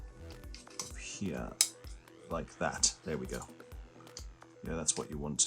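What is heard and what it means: A plastic motor mounting bracket with a protruding tab is handled and pushed toward the slot in a robot car chassis during motor assembly, with brief light taps and handling sounds while someone talks. Nothing has seated or clicked into place yet.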